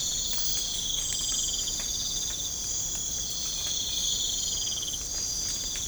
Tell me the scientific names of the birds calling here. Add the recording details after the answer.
none. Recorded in pastures near Puerto Asís, Putumayo, Colombia, on 18 December 2024 at 04:00. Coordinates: 0.496, -76.326. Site G004